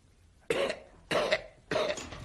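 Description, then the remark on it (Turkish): A person coughs three times in a steady rhythm, each cough a harsh, raspy burst of similar strength, with short pauses between them and no talking. “Öksür. Öksürmeni istiyorum.”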